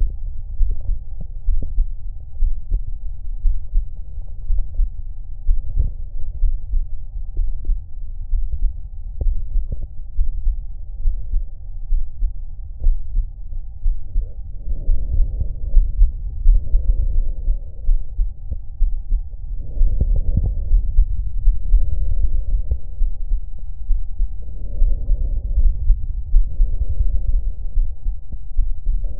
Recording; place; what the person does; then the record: lung sounds by stethoscope; right anterior apical chest; quiet breathing, then deep breathing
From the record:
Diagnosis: none (healthy); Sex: male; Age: 30 years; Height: 190 cm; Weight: 88 kg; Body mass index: 24.4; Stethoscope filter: extended mode